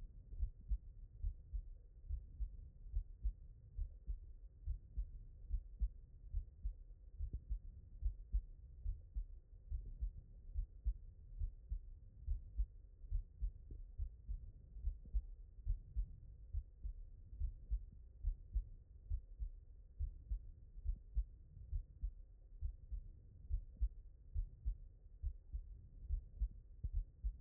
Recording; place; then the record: heart sounds by stethoscope; mitral valve (MV)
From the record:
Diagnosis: HFrEF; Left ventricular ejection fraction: 40%